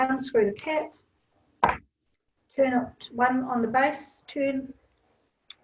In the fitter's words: back until it clicks that's when that's loaded so it's loaded like a rocket